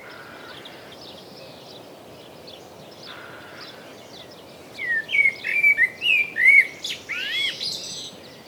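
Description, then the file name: Common blackbird song: after quiet, a run of mellow fluted whistles ends in a squeaky high twitter; fainter phrases sound earlier. "Turdus merula"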